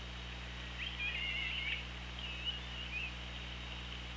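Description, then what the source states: Killer whale calls, two bouts of squealing, wavering tonal sweeps that rise and fall, the first longer, over steady low underwater hum and hiss. Recorded on an OrcaLab hydrophone, 24 August 2017, 17:49.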